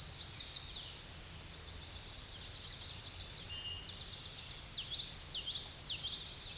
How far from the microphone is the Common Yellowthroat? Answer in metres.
about 25 m